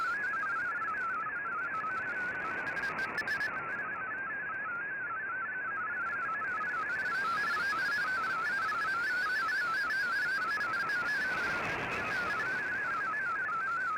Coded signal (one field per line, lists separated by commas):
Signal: multi-tone FSK (Olivia or MFSK type)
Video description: Here is my decode of the Shortwave Radiogram broadcast today on 15770Khz shortwave radio at 1330UTC in MFSK32 and 64 with 9 SSTV images.